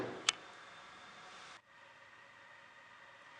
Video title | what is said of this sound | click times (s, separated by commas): Lock Box Demo AMPI Chapter 51 | press it up until it clicks into place and that was logged on to the | 0.3 s